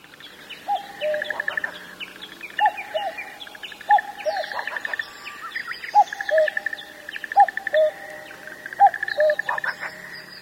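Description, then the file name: Common cuckoo song, a low falling two-note cu-coo repeated several times, over a busy chorus of higher-pitched songbirds. "kakko"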